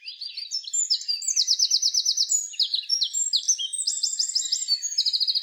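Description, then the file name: Eurasian wren song: a continuous, energetic stream of shrill trills and clipped high notes, rapidly changing pitch throughout. "Troglodytes troglodytes"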